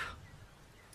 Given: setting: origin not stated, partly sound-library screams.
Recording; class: one-second piece from a danger detection set; normal situation